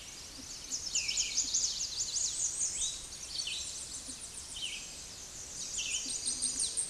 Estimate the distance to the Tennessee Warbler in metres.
about 55 m